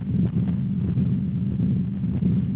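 A steady, low-pitched rumbling murmur heard over the heart runs throughout without pauses, with faint heartbeat accents riding on it. This continuous machinery-like murmur fits a patent ductus arteriosus, where blood keeps flowing from the aorta to the pulmonary artery.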